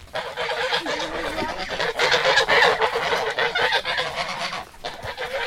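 A flock of geese honking continuously, passed while walking along a sandy path among hills. Many overlapping nasal calls form a loud, dense chorus that swells in the middle and eases off toward the end.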